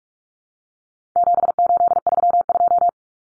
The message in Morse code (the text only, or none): 7832